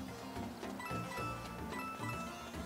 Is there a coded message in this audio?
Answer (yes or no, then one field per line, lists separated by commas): no